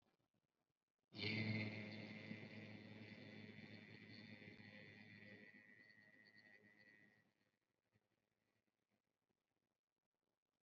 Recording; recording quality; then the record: sustained vowel as in made; excellent, no background noise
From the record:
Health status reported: COVID-19 positive, mild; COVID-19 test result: positive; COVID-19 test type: RT-PCR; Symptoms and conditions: cold, diarrhoea, diabetes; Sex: male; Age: 31 years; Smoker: no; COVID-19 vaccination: both doses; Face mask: worn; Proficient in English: yes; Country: India